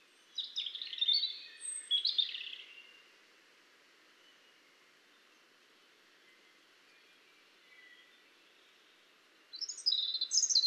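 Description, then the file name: European robin singing two short high warbling phrases, one at the start and another after a long pause of about seven seconds, with faint background hiss. "Erithacus rubecula"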